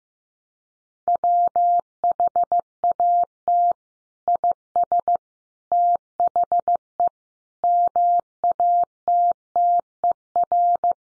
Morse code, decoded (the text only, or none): WHAT IS THE MATTER